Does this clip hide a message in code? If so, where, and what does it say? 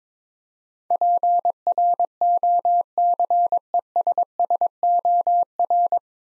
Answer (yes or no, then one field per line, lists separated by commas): yes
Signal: Morse code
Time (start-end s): 0.9-6.0 s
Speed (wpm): 22 wpm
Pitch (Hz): 700 Hz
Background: none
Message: PROCESSOR